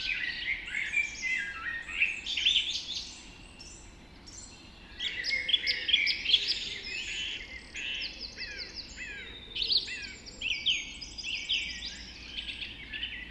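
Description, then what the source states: Bird dawn chorus of busy overlapping warbles and chirps, a brief quieter gap, then lively song returning with quick high notes. Dawn chorus recorded just after dawn in the Forest of Dean.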